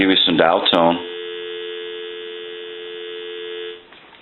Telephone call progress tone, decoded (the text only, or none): dial tone